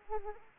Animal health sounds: mosquito wingbeat signal from an infrared sensor; Anopheles arabiensis

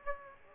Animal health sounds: mosquito wingbeat signal from an infrared sensor; Aedes aegypti

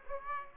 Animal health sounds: mosquito wingbeat signal from an infrared sensor; Aedes aegypti

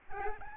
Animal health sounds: mosquito wingbeat signal from an infrared sensor; Aedes albopictus

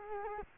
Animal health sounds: mosquito wingbeat signal from an infrared sensor; Culex quinquefasciatus

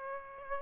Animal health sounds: mosquito wingbeat signal from an infrared sensor; Aedes aegypti

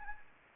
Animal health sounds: mosquito wingbeat signal from an infrared sensor; Anopheles arabiensis

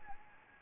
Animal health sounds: mosquito wingbeat signal from an infrared sensor; Anopheles gambiae

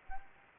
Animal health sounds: mosquito wingbeat signal from an infrared sensor; Anopheles arabiensis

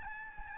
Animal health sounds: mosquito wingbeat signal from an infrared sensor; Aedes albopictus

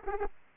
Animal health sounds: mosquito wingbeat signal from an infrared sensor; Aedes aegypti

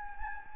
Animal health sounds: mosquito wingbeat signal from an infrared sensor; Anopheles gambiae

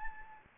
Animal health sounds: mosquito wingbeat signal from an infrared sensor; Anopheles gambiae

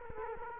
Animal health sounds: mosquito wingbeat signal from an infrared sensor; Culex quinquefasciatus

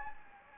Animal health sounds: mosquito wingbeat signal from an infrared sensor; Anopheles gambiae

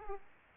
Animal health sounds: mosquito wingbeat signal from an infrared sensor; Aedes aegypti

